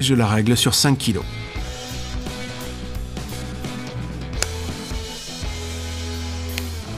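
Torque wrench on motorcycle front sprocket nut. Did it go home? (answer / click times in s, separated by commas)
yes / 4.4 s, 6.6 s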